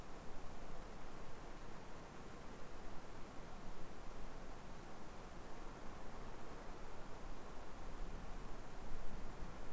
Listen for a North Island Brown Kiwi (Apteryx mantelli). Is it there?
no